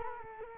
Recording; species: mosquito wingbeat signal from an infrared sensor; Culex quinquefasciatus